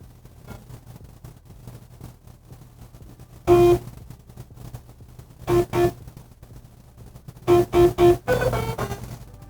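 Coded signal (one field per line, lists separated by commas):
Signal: beep code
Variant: Philips Sonicare toothbrush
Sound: one buzzy beep, then two, then three, followed by a short jingle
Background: low electrical hum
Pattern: 1-2-3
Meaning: Pressure sensor feature toggled on or off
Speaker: for the pressure sensor hold until you hear one beep then two beeps then three beeps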